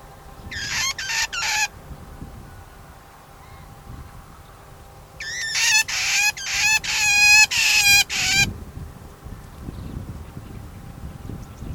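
Shrike giving harsh, scratchy chattering calls in two bursts: a short run of about four notes, then a longer series of rapid rasping notes, over a faint low hum.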